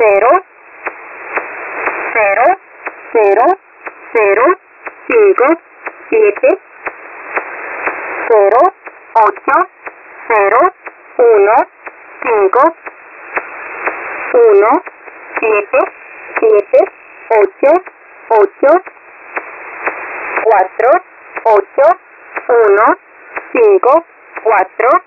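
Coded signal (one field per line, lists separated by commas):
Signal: numbers station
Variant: V07 Spanish Lady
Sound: female voice reading Spanish numbers one at a time, evenly spaced, over radio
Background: radio static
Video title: V07 Spanish Lady 21/05/2023 0740 UTC 12169kHz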